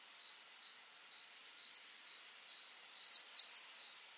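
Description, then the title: Cattle tyrant giving scattered high, thin squeaks that run into a quick chattering cluster of sharp, bright notes toward the end. Nominate subspecies Machetornis rixosa rixosa. "LuckyPassaro Completos2Sama. Cattle Tyrant (Machetornis rixosa rixosa)"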